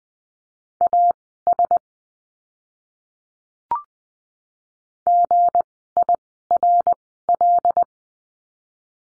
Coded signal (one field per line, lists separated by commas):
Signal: Morse code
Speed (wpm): 20 wpm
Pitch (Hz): 700 Hz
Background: none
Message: AS GIRL